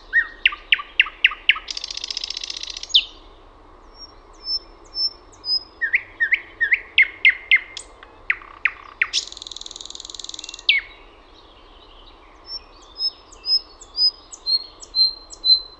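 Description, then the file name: Thrush nightingale singing varied phrases of rapid clicks and sharp repeated notes, broken by loud buzzy rattles, with thin high whistles near the end. "SATAKIELI"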